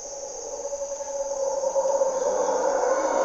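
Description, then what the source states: Mantled howler monkey howling, a deep droning roar building in strength, with a continuous high-pitched insect buzz. Mantled howler monkeys (Monos Congos) waking the jungle at morning twilight, Parque Nacional Corcovado, Osa Peninsula, Costa Rica; primary hardwood forest, deep river valley; grunts and calls.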